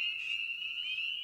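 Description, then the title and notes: Spring peeper chorus heard as an unbroken shrill band of high whistled notes. Evening at a frog pond. "Night of the Peepers. we return to the frog pond for a meditative evening. Spring Peeper (Pseudacris crucifer). Ian Carlsen"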